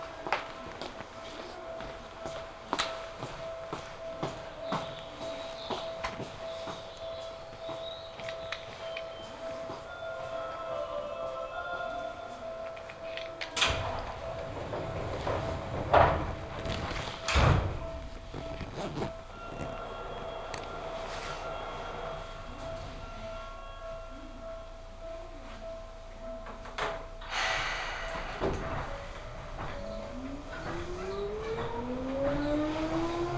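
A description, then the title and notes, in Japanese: A ride on a Seibu Ikebukuro Line local train, with a steady rumbling hum and a constant thin tone throughout. Loud clunks and thuds break in around 14, 16–17 and 27–28 seconds, and a rising motor whine climbs in the final seconds. 西武池袋線普通 池袋→清瀬。最初に乗ったのは普通列車の小手指行きで。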